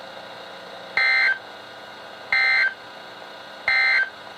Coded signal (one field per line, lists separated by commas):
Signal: Emergency Alert System (SAME) tones